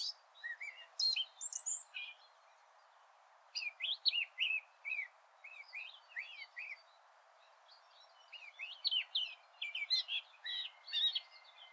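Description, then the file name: Eurasian blackcap song: a fast, varied warble of slurred rising and falling notes, in several bursts separated by brief pauses. "Sylvia atricapilla"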